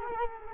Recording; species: mosquito wingbeat signal from an infrared sensor; Culex quinquefasciatus